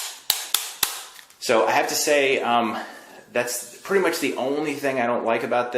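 After the locking button is released, the extended plastic handle of a do-it-yourself electric back hair shaver is folded back down, and its joints click free of their locked positions with sharp clicks at 0.3, 0.6 and 0.8 seconds. Someone then talks.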